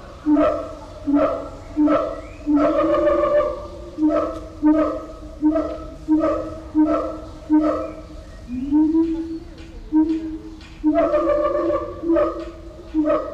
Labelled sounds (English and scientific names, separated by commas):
Siamang (Symphalangus syndactylus) call